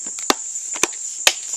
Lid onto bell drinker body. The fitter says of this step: probably can hear that snapping.